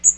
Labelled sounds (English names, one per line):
Magnolia Warbler flight call